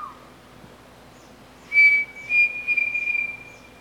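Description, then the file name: Pavonine Cuckoo whistling a steady high note, followed by a series of rapid, slightly stuttered whistled notes at the same pitch, then fading out; faint background hiss. "canto do peixe frito pavonino"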